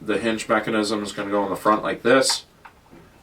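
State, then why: Seated. A mechanical trigger frame is hooked in at its front hinge and swung onto a paintball marker body while someone talks. Speech fills the first 2.5 seconds, then a single short click at 2.7 s marks the mech frame hinge locking into place.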